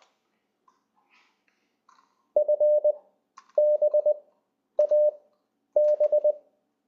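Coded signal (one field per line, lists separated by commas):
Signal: Morse code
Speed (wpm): 20 wpm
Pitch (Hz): 600 Hz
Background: none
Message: FBAB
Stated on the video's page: Morse from LCWO, an online tool for learning CW.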